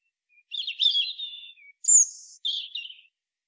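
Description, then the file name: European robin song: a rich, rippling warble, a short low note, then a piercing high sibilant phrase and a quick descending twitter. "Erithacus rubecula"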